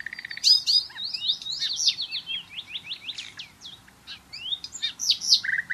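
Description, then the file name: Common nightingale in continuous song, a fast run of slurred descending whistles and chirps, ending on a low buzzy trill. "Luscinia megarhynchos"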